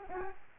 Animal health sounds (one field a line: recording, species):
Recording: mosquito wingbeat signal from an infrared sensor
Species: Aedes albopictus